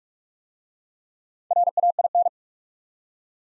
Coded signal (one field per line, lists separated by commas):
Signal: Morse code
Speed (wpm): 44 wpm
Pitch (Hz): 700 Hz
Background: none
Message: RAIN